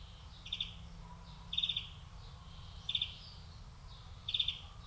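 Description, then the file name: European greenfinch calls, short trilled chirps given about once every one and a half seconds, with faint background noise. "Chloris chloris"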